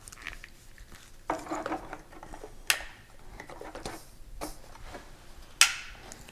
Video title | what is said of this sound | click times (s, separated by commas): MV Agusta F3XX Bike Build. Ep5 "Race Spec Calipers" | like so make sure it clicks in place | 5.6 s